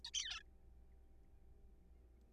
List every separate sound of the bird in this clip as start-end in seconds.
0.05-0.10, 0.14-0.40, 0.41-0.43